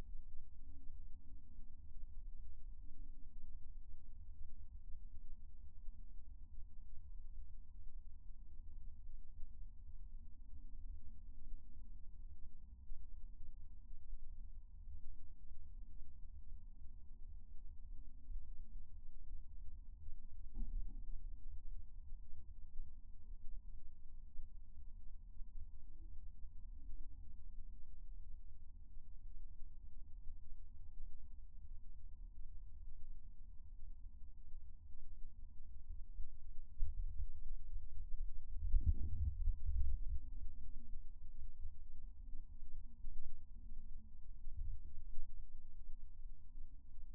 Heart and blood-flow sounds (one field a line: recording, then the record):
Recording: fetal heart sounds by stethoscope on the mother's abdomen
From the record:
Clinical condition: for safety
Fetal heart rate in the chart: 140 bpm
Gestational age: 38 weeks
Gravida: 1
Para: 0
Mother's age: 23 years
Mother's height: 157 cm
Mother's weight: 76 kg